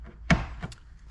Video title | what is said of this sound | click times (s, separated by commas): @AUXITOLED Turn Signals - Toyota Camry | turn clockwise, it locks into place, and you can replace your cover. | 0.3 s